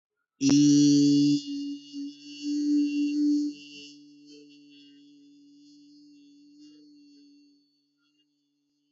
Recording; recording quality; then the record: sustained vowel as in beet; excellent, no background noise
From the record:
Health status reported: healthy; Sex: male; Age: 24 years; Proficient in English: yes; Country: India